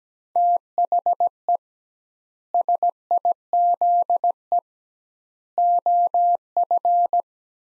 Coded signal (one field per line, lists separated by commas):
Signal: Morse code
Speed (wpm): 17 wpm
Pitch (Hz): 700 Hz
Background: none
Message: THE SIZE OF